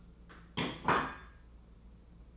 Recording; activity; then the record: daily activity, microphone in the room; place plate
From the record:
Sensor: 1